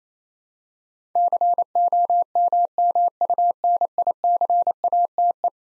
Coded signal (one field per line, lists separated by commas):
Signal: Morse code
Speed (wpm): 28 wpm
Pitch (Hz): 700 Hz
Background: none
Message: COMMUNICATE